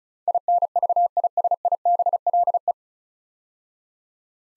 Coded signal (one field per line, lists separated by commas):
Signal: Morse code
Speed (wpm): 36 wpm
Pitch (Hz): 700 Hz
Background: none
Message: INVISIBLE